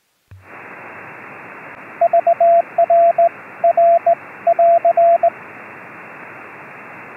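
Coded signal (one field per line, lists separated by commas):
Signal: Morse code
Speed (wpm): 18 wpm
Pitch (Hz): 680 Hz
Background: radio noise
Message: VR R <AR>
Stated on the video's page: Short film dramatizing Swedish military shortwave CW from long-range reconnaissance patrols, sent in a hard-to-direction-find way over long distances without infrastructure.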